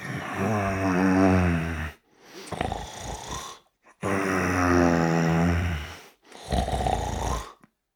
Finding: Male sleep snore.